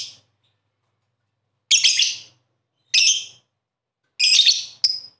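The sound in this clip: Bird song made of three harsh, buzzy high bursts separated by pauses, ending with a short sharp chirp.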